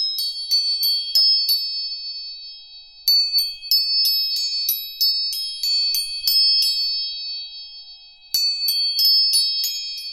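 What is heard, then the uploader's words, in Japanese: Tuning forks are struck in quick bursts of about twice a second, each bright metallic ring lingering steadily between strikes, with brief pauses. 音叉チューニング。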